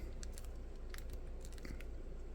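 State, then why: Not seated. An alternate plastic head is being handled and pushed toward a Hasbro G.I. Joe Classified Crystal Ball action figure's neck peg. Short crunchy, crackly plastic contacts sound over a steady low background hum. Nothing has seated or snapped on yet.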